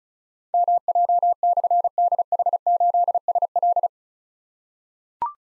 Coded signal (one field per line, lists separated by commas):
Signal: Morse code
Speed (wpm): 36 wpm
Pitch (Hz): 700 Hz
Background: none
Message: MJ/DH8SL